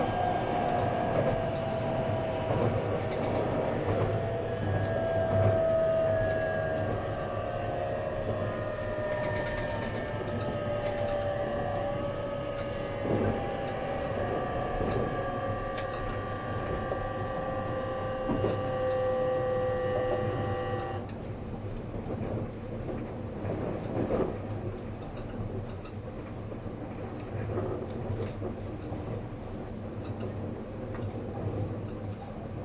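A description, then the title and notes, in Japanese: Running sound from a moving train, a steady low rumble with sustained whining tones that slide slowly, then cut out near twenty-one seconds. E257系 あずさ19号03 甲府～松本。音の旅(走行音)。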